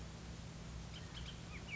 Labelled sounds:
Bullock's Oriole (Icterus bullockii)
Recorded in Sonoma County, California

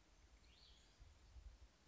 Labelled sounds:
Cassin's Vireo (Vireo cassinii)
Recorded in Sonoma County, California

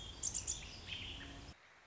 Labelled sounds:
American Robin (Turdus migratorius)
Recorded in Sonoma County, California

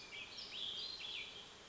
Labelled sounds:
Warbling Vireo (Vireo gilvus)
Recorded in Sonoma County, California

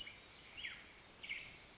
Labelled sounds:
California Towhee (Melozone crissalis)
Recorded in Sonoma County, California

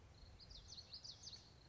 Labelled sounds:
Common Yellowthroat (Geothlypis trichas)
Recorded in Sonoma County, California

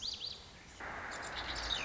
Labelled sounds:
Lazuli Bunting (Passerina amoena)
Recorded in Sonoma County, California

